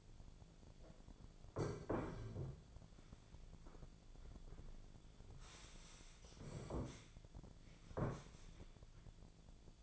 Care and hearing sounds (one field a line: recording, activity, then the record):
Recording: daily activity, microphone in the room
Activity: sit down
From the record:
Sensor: 5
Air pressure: 1008.2 hPa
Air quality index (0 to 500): 153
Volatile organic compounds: 3 ppm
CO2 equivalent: 1473 ppm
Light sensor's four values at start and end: 60/169/66/66 and 60/169/66/66